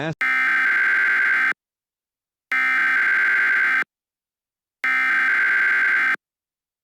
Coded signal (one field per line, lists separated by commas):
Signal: Emergency Alert System (SAME) tones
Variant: header bursts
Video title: Southern California Big One - EAS Scenario Teaser | Teaser Clip 2